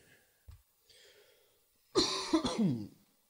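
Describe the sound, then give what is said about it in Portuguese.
A harsh, raspy cough comes in a quick fit of about three loud bursts, preceded by a soft throat sound and a faint breath in the otherwise quiet moments before. “Eu tô com uma tosse desgraçada, lazarenta.”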